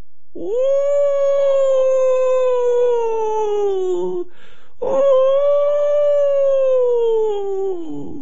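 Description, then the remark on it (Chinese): Two long, mournful wolf howls from a pack led by three strong lead wolves in the wild mountains on an autumn night, each holding a steady pitch for about four seconds before sliding slightly lower, separated by a brief pause. The howls are loud and rich in overtones, with no talking. “起初高兴又发出令人心寒脚软嘅叫怪声，人怕狼，狼亦怕人，狼食人心切啦。”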